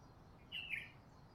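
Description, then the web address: Bird call: a single short, slightly descending chirp stands out against a quiet, steady background hiss. Recorded in Honolulu in the morning. "lynne-publishing Honolulu Morning Bird"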